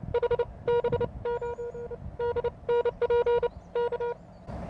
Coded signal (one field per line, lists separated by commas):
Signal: Morse code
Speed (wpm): 30 wpm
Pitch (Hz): 480 Hz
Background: none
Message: HB9DNPK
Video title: Will it Tune? Improvised Guerrilla HF Antennas.